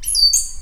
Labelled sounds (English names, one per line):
Stitchbird song